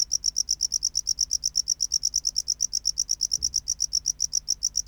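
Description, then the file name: Tropical house cricket song: rapid, evenly spaced high chirps go on without pause, with a soft low knock near the middle. "Bio Acoustica. Gryllodes sigillatus"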